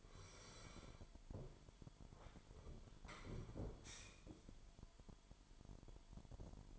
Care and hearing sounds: daily activity, microphone in the room; sit down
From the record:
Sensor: 5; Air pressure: 998.6 hPa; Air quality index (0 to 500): 85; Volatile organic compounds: 1 ppm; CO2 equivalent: 970 ppm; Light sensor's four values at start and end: 41/99/41/45 and 40/97/40/45

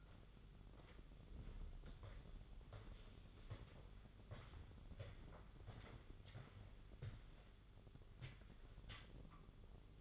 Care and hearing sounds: daily activity, microphone in the room; walk to room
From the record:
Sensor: 4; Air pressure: 1009.0 hPa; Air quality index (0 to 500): 143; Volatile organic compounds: 2 ppm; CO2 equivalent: 1033 ppm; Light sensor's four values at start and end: 14/32/13/12 and 12/28/11/10

